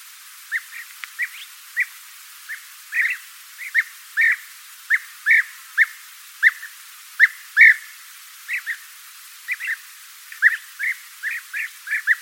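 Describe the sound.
Bird uttering a steady string of brief, sharp chirps, roughly two or three a second, some doubled, with light background hiss.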